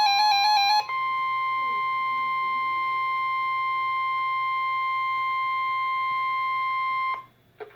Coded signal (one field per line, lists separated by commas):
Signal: Emergency Alert System (SAME) tones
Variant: 1050 Hz attention tone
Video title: KXI58 Required Weekly Test (EAS #4) 4/15/20